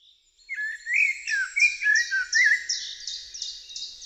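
Common blackbird singing a mellow, flutelike warbled phrase that breaks into a steady run of high, scratchy twittering notes.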